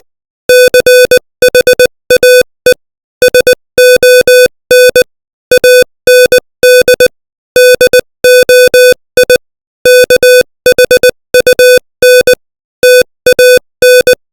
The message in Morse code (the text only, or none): CHAE SON AND DOI KHUN TAN